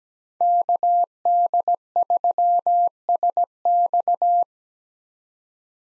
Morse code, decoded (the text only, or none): KD3SX